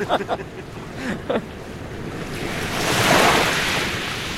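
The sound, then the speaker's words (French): A heavy open-ocean wave of over 10 to 15 metres at Bellara, an offshore shoal on the Basque coast between Saint-Jean-de-Luz, Hendaye and Urrugne, builds into a loud, rushing roar of breaking surf that swells and then holds, with faint voices briefly at the start. “Elle fait quelle taille, cette vague de Bellara ? Oh, ça fait plus de 10 mètres, 15 mètres, tu vois, c'est dans ces eaux-là, quoi.”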